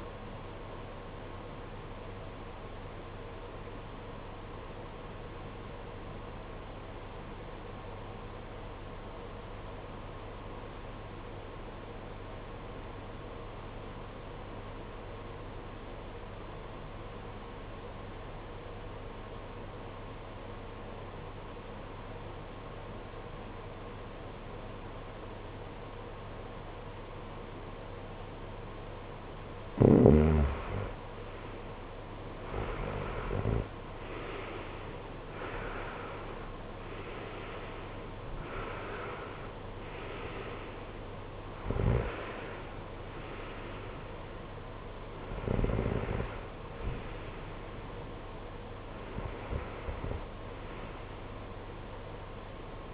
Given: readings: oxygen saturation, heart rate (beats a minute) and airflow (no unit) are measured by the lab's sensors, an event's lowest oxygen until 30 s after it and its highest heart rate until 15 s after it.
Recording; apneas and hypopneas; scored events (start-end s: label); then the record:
breathing in sleep by a voice recorder at the bedside; 1
6.00-33.20 s: obstructive apnea (REM, oxygen 94% highest, then 80% lowest, heart rate 56 at the start, 75 highest)
From the record:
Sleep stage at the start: REM sleep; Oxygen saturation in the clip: 80 to 94%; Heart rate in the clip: 53 to 75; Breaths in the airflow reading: 7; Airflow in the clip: -16.3 to 17.3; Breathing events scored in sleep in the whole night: 476 in 9.7 hours asleep